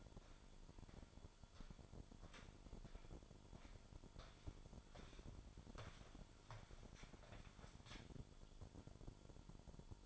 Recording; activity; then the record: daily activity, microphone in the room; walk to room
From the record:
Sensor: 5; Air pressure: 1008.3 hPa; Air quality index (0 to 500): 125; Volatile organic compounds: 1 ppm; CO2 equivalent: 957 ppm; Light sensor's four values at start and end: 32/75/30/29 and 31/71/28/28